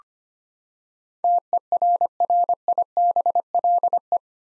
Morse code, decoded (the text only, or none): TERRIBLE